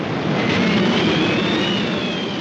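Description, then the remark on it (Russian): An incoming artillery shell, heard on a sandy riverbank at the front, whistles overhead, a thin high-pitched tone gliding slowly downward above a loud, steady rushing roar that fills the whole moment, with no voices; the shell bursts into 670 fragments. “услышав знакомый звук подлетающего снаряда, упал и зарылся в песок.”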